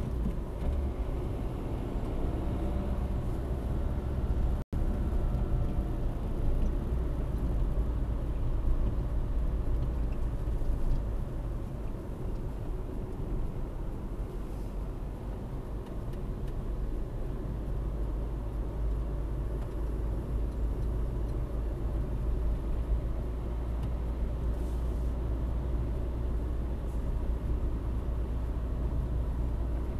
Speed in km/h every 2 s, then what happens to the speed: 60, 71, 65, 58, 56, 50, 49, 54, 55, 55, 59, 62, 62, 63, 62.
2-12 slows to 49. 12-22 speeds up to 62. 22-30 steady at about 62.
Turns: none.